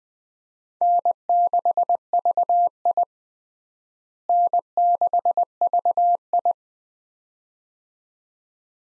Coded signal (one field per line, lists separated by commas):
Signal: Morse code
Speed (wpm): 21 wpm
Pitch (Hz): 700 Hz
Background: none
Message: N6VI N6VI